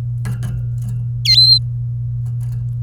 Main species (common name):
Domestic Canary